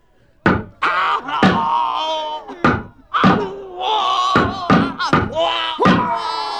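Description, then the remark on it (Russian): Roman soldiers hammer nails into condemned men: about nine loud, sharp blows at an uneven pace, some close together and others spaced apart, over a continuous wavering, moaning tone that runs between the strikes. “«Забивай гвозди, да побыстрее.”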